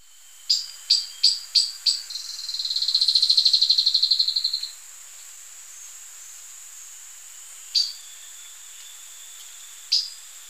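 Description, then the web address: Streaked Tuftedcheek calling: five sharp high chips, then a dry buzzy trill for about three seconds, followed by two single sharp notes. Ecuador. "Birds of Ecuador. Streaked Tuftedcheek"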